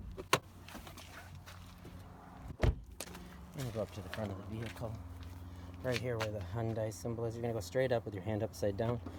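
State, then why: Released. On a 2010–2020 Hyundai Tucson, the interior hood release lever by the driver's footwell is pulled, and the hood latch at the front of the car pops open with a sharp click at 0.3 s. A few more brief knocks follow around 2.6–3.0 s while someone talks over a low steady hum.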